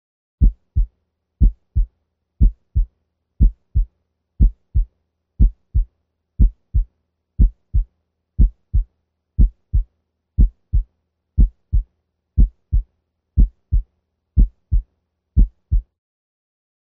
S1 is louder than S2 in the mitral region, and S1 is heard as a single sound. First at 60 beats per minute.